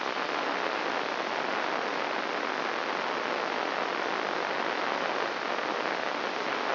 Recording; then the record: brain microelectrode recording played as sound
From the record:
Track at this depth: outside the subthalamic nucleus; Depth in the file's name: -0.284 mm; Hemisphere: left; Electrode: 3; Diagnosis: Parkinson's disease